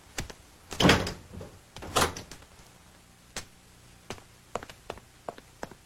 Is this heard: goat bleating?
no